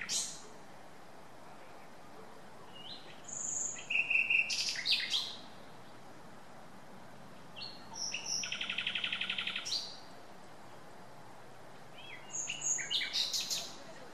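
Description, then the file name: Common nightingale delivering three bursts of song: whistled notes and clicks, a dense buzzy trill in the middle, then a last varied phrase. "Luscinia megarhynchos"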